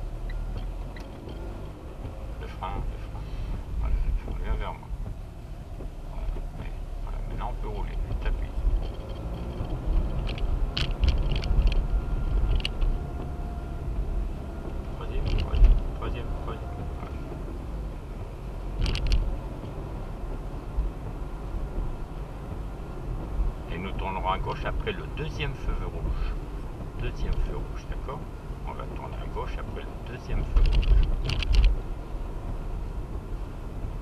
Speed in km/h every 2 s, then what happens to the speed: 26, 26, 17, 20, 30, 37, 37, 35, 35, 38, 41, 41, 40, 39, 37, 38, 37.
2-5 slows to 17. 5-10 speeds up to 37. 10-17 steady at about 35. 17-23 speeds up to 41. 23-34 steady at about 38.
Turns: none.